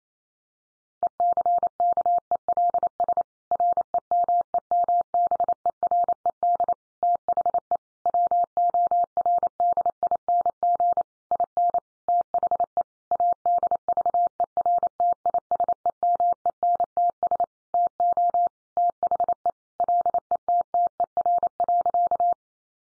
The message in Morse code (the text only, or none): ECKELS REMEMBERED THE WORDING IN THE ADVERTISEMENTS TO THE LETTER.